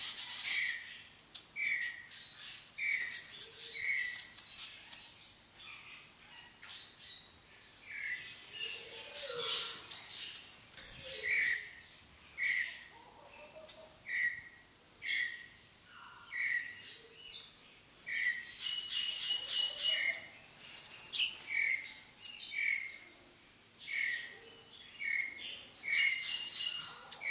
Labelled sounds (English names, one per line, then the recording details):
Vitelline Masked-Weaver call
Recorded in captivity
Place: Zoo Berlin, Berlin, DE
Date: 2004-01-02 16:25
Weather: fair, -2°C
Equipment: Fair Mate ST-1328 (Asahi Electronics, Japan), Sennheiser ME 80, Kopie Uher 4000 Report Monitor
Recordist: Tembrock, Günter
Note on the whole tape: Rufreihe (mit Flügelschwirren)